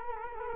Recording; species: mosquito wingbeat signal from an infrared sensor; Culex quinquefasciatus